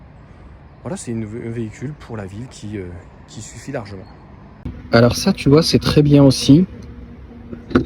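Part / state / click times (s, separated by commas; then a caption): opening rear glass hatch into its latch on the car body / seated / 7.8 s. Someone talks, then the opening rear glass hatch of a Twingo electric car, a glass panel on two gas struts, is shut into its latch on the car body. A sharp click at 7.8 s marks it latching, and it clips in very gently.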